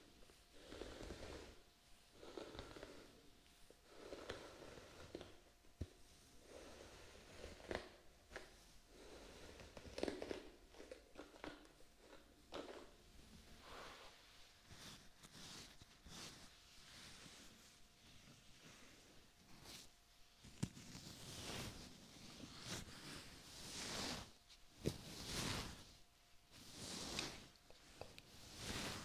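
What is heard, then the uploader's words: Hands work over a head and scalp, with rustling and scratching through the hair. The strokes come in uneven bursts, some soft, some sharper and crinkly, and a faint steady tone hums underneath throughout. ASMR Pure Relaxation Head and Scalp Massage.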